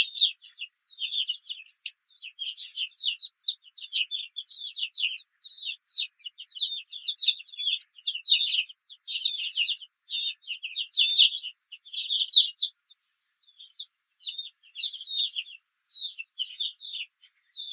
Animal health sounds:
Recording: young laying hens in a cage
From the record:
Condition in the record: control cage, after the stress test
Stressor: none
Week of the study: 4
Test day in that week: 1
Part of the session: 2

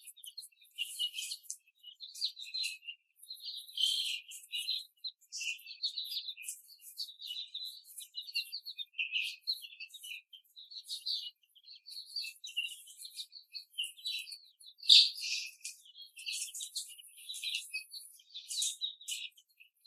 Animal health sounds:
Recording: young laying hens in a cage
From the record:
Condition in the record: after the stressor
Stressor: simulated dog barking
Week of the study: 3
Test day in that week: 1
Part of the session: 1

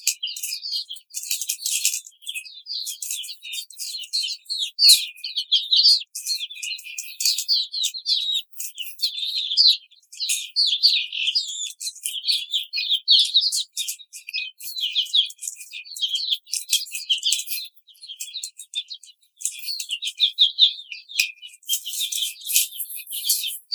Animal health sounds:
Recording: young laying hens in a cage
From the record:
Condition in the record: treatment cage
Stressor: simulated dog barking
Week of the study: 5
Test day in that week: 1

